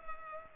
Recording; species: mosquito wingbeat signal from an infrared sensor; Culex pipiens